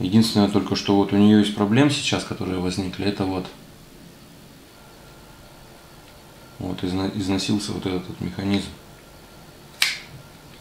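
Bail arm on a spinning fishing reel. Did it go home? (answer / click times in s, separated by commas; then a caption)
yes / 9.8 s. Someone talks about a Ryobi Excia MX 300 spinning reel, then flips its worn metal bail arm closed, and it locks with a sharp snap at 9.8 s. The bail still locks with a click, but the worn mechanism has developed some play.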